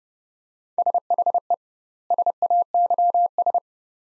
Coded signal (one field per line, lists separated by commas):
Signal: Morse code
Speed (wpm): 31 wpm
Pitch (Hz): 700 Hz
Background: none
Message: SHE SAYS